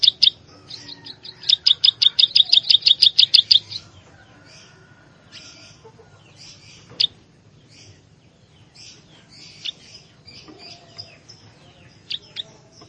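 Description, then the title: Plain Prinia giving a brief run of fast, dry ticking notes, followed by scattered soft chirps and quieter calls. "Ciblek Sawah"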